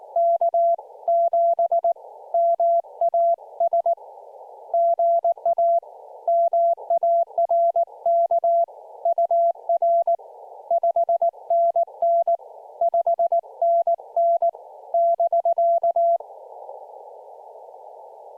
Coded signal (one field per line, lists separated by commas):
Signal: Morse code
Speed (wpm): 19 wpm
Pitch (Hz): 680 Hz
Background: none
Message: K7MAS GA MARK UR 5NN 5NN <BK>